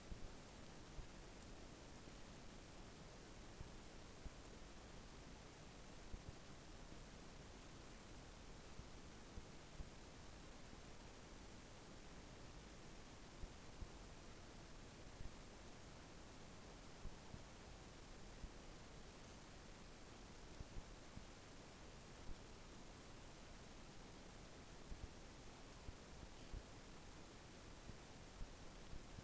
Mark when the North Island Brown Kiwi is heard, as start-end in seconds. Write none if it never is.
none